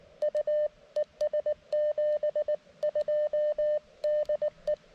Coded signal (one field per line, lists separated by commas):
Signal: Morse code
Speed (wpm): 20 wpm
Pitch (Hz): 590 Hz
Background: none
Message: U ES 72 DE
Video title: CW POTA at Oakely Corners State Forest with the CFT-1